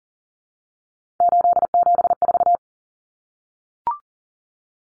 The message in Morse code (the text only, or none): 874